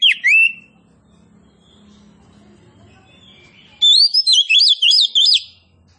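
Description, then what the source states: Oriental magpie-robin giving two short whistled notes, a quiet gap, then a burst of fast whistled notes swinging up and down. Kacer poci variety of magpie-robin, described as gacor, singing actively.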